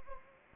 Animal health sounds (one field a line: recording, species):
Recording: mosquito wingbeat signal from an infrared sensor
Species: Anopheles gambiae